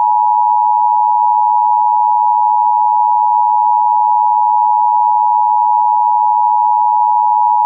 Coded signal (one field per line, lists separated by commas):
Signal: Emergency Alert System (SAME) tones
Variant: 853 and 960 Hz attention tone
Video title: McGuire | An EAS Scenario #eas #scenarios #emergencyalertsystem